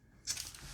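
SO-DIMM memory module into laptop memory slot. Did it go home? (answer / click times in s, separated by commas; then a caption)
yes / 0.4 s. A DDR4 SO-DIMM memory stick is inserted at an angle into the memory slot of an HP Omen 15-dc0051nr laptop and pressed down until the side retaining clips click. A bright, broadband rustle of handling starts around 0.3 s, and a short sharp click comes at 0.4 s. The module is seated in the slot.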